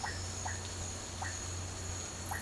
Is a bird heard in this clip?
no